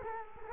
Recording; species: mosquito wingbeat signal from an infrared sensor; Culex quinquefasciatus